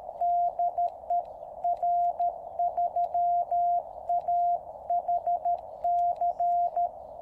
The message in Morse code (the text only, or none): DE R3AHC